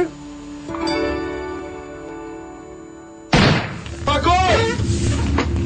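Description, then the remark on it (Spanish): A steady low hum runs for a few seconds before a single sharp, loud gunshot bursts out from inside the guest room of a house, followed by voices and a lingering rumble. “El disparo proveniente de la habitación hace temblar las paredes plácidas del hogar y destruye como un cristal la endeble magia de humanidad sobreviviente.”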